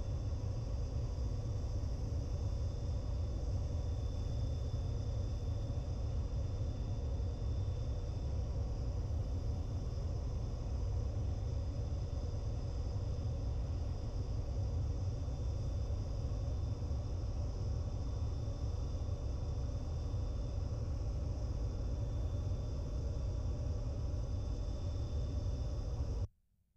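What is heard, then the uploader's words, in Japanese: Airplane noise: a heavy, steady roar concentrated in the low end, with a thinner hiss and a faint fixed whine higher up. The level stays nearly constant for about 26 seconds, then cuts off abruptly at the end. AUKEY EP-N33 ノイズテスト 飛行機ANC。素材は 効果音ラボ さんのものを使い、HATSで録音しています。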